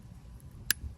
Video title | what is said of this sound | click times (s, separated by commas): BMW Low Beam Malfunction Fix | the little tablet is in the crack you can hear a pop when you close it | 0.7 s